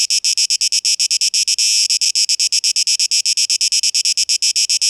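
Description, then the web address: Cicada buzzing in rapid, rhythmic high pulses, with one brief longer buzz early on. 12 August 2023. "rauschpartikel 2023-08-12 Zikaden"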